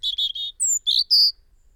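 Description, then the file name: European robin song fragment: three quick buzzy high notes, a thin descending whistle, then two brief sharp twittering notes. "Erithacus rubecula"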